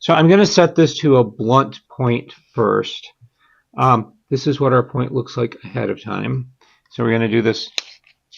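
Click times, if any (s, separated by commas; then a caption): none. Someone talks while handling a manual pencil sharpener whose shavings-compartment side door has been left open. The side door has not yet been pushed shut, and nothing has clicked or latched yet.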